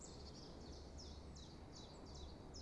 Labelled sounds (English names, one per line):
Common Chiffchaff